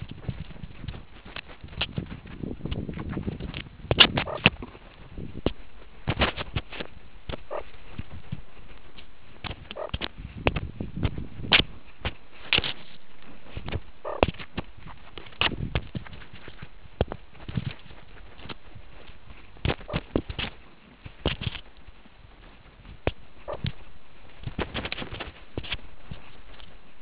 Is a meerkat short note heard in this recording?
no